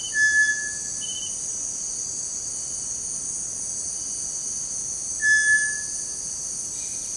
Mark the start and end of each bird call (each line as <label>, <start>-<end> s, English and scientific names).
Cinereous Tinamou (Crypturellus cinereus), 0.00-1.09 s
Cinereous Tinamou (Crypturellus cinereus), 5.11-6.20 s